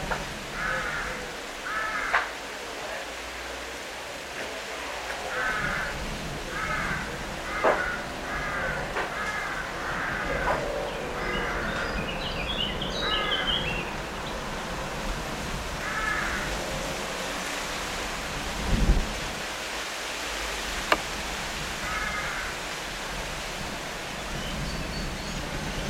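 Late afternoon in a backyard, with crow-like caws repeating in short bursts through the first half, then a few more around 16 and 22 seconds. A steady low rumble and hiss sit underneath, with a soft thump near 19 seconds and light chirps midway.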